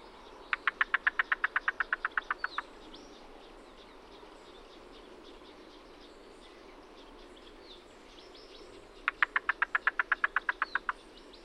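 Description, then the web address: Yellow-billed cuckoo giving two rapid series of hollow, wooden knocks, each of many evenly spaced notes, separated by several seconds of quiet. "Yellow Billed Cuckoo YBCUVocalizations Cuckoo Knock Call"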